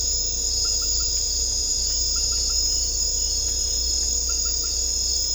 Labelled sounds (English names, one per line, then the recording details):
none
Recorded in secondary vegetation near Puerto Asís, Putumayo, Colombia, on 16 December 2024 at 18:30
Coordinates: 0.500, -76.326
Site G065